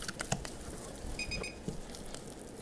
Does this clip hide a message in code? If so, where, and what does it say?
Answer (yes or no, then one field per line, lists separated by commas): no